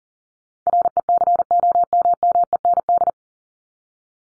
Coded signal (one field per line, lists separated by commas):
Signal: Morse code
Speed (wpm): 40 wpm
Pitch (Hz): 700 Hz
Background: none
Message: RECOMMEND